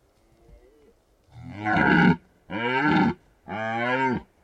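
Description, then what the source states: Red deer stag bellowing: a faint moan, then three deep, drawn-out roars in quick succession, each slightly under a second. Stags rutting in the Carpathian Mountains of Bucovina, Romania.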